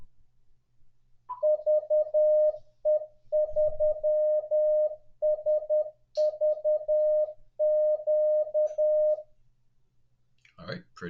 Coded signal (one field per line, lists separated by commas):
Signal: Morse code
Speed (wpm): 10 wpm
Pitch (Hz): 610 Hz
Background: speech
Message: VE3SVQ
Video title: 14 TIPS TO MAKE IT EASIER FOR YOU TO LEARN MORSE CODE